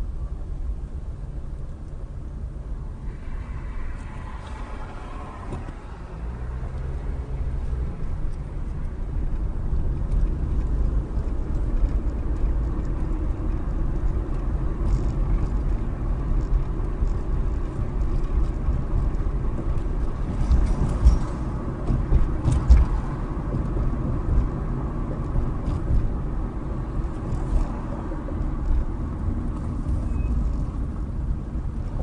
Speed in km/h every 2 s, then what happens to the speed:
16, 13, 6, 16, 26, 34, 37, 40, 42, 42, 40, 40, 40, 39, 32, 23.
0-5 slows to 6. 5-15 speeds up to 42. 15-26 steady at about 40. 26-32 slows to 23.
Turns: none.